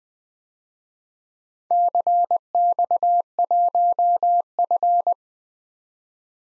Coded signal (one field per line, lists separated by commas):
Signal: Morse code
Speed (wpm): 20 wpm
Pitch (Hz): 700 Hz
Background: none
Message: CX1F